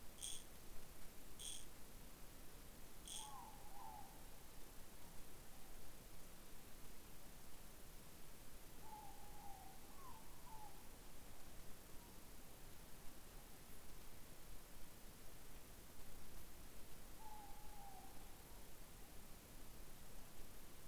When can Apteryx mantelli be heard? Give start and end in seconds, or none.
none